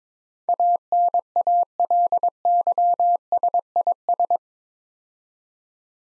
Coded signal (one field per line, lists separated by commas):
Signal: Morse code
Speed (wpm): 22 wpm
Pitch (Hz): 700 Hz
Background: none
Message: ANALYSIS